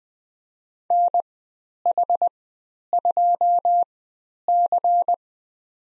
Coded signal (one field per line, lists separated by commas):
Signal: Morse code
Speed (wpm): 20 wpm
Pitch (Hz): 700 Hz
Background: none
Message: NH2C